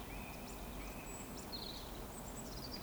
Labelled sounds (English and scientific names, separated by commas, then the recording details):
Eurasian Woodcock (Scolopax rusticola) whistle, Eurasian Woodcock (Scolopax rusticola) chase call
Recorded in Baden-Württemberg, Germany, on 11 June 2020 at 19:38 UTC
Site 14569, 102 m above sea level